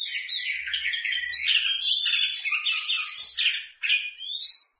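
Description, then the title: Oriental magpie-robin song: a dense, rapid stream of varied chattering and whistled notes, high-pitched and almost unbroken, with short gaps near the end and a faint low hum early on. "Kacer"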